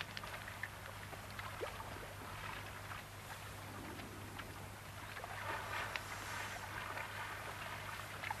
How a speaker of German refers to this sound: Hörst du das Wasser?